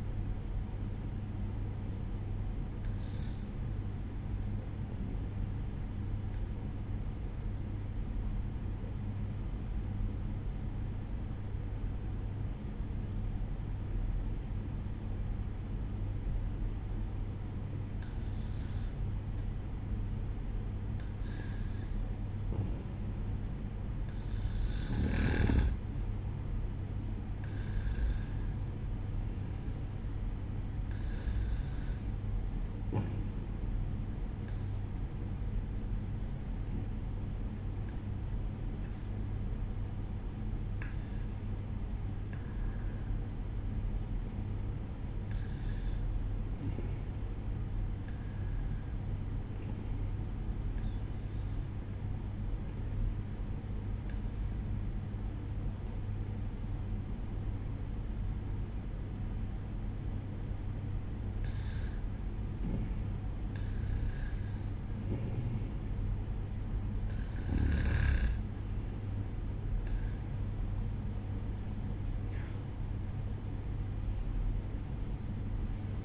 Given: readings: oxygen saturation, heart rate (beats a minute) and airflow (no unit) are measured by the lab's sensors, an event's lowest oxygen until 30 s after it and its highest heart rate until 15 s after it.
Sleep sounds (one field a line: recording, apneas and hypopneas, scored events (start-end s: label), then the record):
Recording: breathing in sleep by a smartphone at the bedside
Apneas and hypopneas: 2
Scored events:
6.00-21.40 s: obstructive apnea (N1, oxygen 94% highest, then 92% lowest, heart rate 65 at the start, 67 highest)
18.00-76.05 s: new sleep stage, REM sleep
35.00-66.80 s: hypopnea (REM, oxygen 94% highest, then 91% lowest, heart rate 66 at the start, 78 highest)
From the record:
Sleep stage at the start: N1 (lightest sleep)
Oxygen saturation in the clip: 92 to 95%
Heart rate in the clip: 65 to 78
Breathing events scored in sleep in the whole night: 305 in 9.6 hours asleep